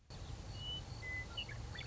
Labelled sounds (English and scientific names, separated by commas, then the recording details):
Western Meadowlark (Sturnella neglecta)
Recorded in Sonoma County, California